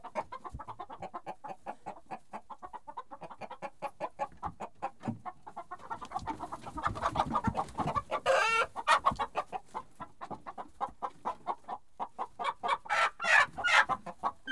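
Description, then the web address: Chickens cackling and clucking rapidly, many hens calling over one another in fast, uneven bursts, with a loud flurry of harsh squawks midway. Domestic hens, disturbed. "The BBC Sound Effects Library - Complete 60 CDs Collection Sound Effects Library-35 (Livestock # 2 ) 06 Hens Disturbed"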